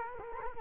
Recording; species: mosquito wingbeat signal from an infrared sensor; Culex quinquefasciatus